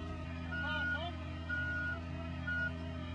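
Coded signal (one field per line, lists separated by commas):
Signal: none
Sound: vehicle or music beeps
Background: speech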